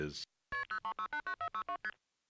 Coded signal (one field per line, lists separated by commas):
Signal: multi-frequency trunk signalling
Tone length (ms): 100 ms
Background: speech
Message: KP03689462ST